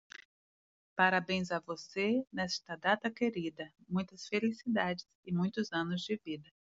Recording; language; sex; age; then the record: short text; Brazilian Portuguese; female; 50 to 59 years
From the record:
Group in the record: control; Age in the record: 51 years